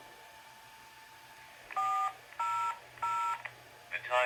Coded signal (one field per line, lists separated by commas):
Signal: DTMF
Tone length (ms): 320 ms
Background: speech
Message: 400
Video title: Timmy's Ham Radio Repeater Controller Software for Windows